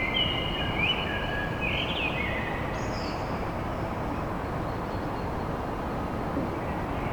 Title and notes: Blackbird At Paris. chant de merle à l'aube dans Paris